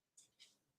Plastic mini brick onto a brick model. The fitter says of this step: And I just click it in.